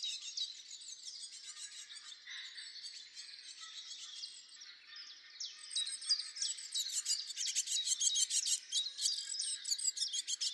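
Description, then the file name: Great tit calls, a dense run of high chirps and buzzy notes, building into rapid repeated bursts in the second half. "Parus major"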